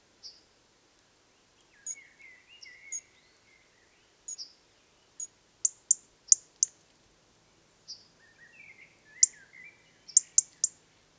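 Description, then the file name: European robin, repeated sharp high tick calls in short clusters, mixed with brief lower twittering phrases, quiet background. "Erithacus rubecula"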